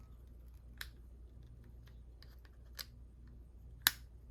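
The plastic cover over the memory card slot on a Vantrue Nexus 5 four-channel dash camera is pressed closed, with a few faint handling ticks near 0.8 s and 2.8 s. It snaps into place with a sharp, bright click at 3.9 s, and the cover is seated shut.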